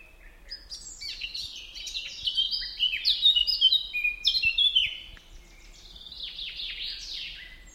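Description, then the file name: Eurasian blackcap delivering a quick, jumbled warble that grows louder over about four seconds, then fades to softer scattered notes toward the end. "Sylvia atricapilla"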